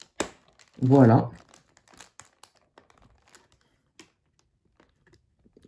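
A DDR memory stick is pressed into a motherboard DIMM slot, and one sharp click is heard at 0.2 s as one of its two retention clips snaps home. Someone talks, followed by faint crinkling and small ticks, but the second latch does not close by itself and is closed by hand, so only one of the two clips snapped.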